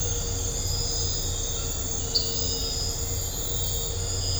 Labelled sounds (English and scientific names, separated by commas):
none